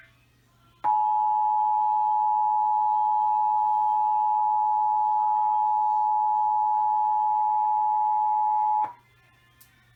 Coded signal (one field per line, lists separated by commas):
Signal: Emergency Alert System (SAME) tones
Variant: 853 and 960 Hz attention tone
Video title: It Ain't Over Yet...EAS Alerts from July 23 & 24, 2020 (EAS #235-248)